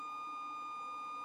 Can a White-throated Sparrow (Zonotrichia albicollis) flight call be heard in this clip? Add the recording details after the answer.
no. No flight call is heard. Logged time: 00:42 on 26 November 2014